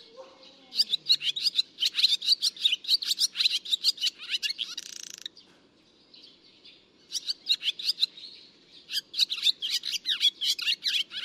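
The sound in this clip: Barn swallow chatter, quick high chirps and twitters in dense runs, broken by a couple of pauses and a brief scratchy noise, then chattering resumes.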